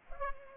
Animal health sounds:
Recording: mosquito wingbeat signal from an infrared sensor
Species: Culex pipiens

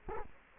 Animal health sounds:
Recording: mosquito wingbeat signal from an infrared sensor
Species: Culex quinquefasciatus

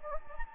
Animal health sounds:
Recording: mosquito wingbeat signal from an infrared sensor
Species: Anopheles gambiae

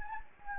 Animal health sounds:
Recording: mosquito wingbeat signal from an infrared sensor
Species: Anopheles gambiae

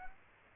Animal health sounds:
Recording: mosquito wingbeat signal from an infrared sensor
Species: Aedes aegypti

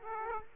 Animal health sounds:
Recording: mosquito wingbeat signal from an infrared sensor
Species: Aedes aegypti

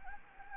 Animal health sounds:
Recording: mosquito wingbeat signal from an infrared sensor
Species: Anopheles gambiae

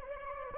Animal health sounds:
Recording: mosquito wingbeat signal from an infrared sensor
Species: Anopheles gambiae

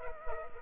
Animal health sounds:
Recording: mosquito wingbeat signal from an infrared sensor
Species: Culex pipiens

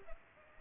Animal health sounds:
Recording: mosquito wingbeat signal from an infrared sensor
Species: Culex pipiens

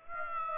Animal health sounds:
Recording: mosquito wingbeat signal from an infrared sensor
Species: Aedes aegypti

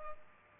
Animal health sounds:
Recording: mosquito wingbeat signal from an infrared sensor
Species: Culex pipiens

